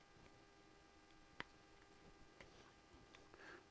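A plastic locking wedge is pushed part way into an electrical wiring connector housing during a 7.3L Powerstroke E-Fuel upgrade, with a sharp click at 1.4 s followed by fainter ticks around 2.4, 3.2 and 3.3 s. The wedge is in but not fully seated, and the connector is checked so that no wires are trapped underneath.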